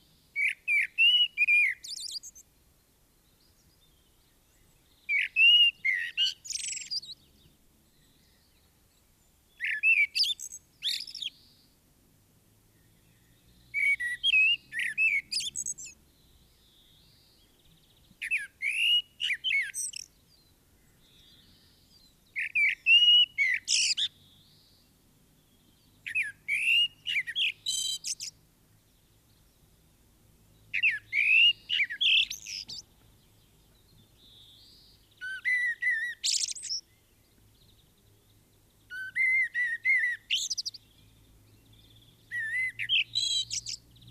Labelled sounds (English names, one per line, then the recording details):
Common Blackbird song
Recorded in the wild
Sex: male
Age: adult
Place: Garmisch-Partenkirchen, Bayern, DE
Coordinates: 47.4864, 11.08
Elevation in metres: 703
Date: 1967-03-26
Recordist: Tretzel, Erwin